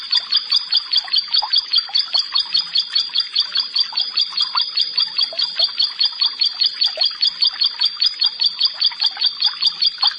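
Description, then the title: Prinia song: a regular series of sharp, high, paired notes, about two and a half per second, steady for the whole stretch. "Ciblek Sawah 1"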